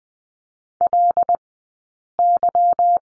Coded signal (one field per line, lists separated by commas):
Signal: Morse code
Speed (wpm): 20 wpm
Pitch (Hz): 700 Hz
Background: none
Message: LY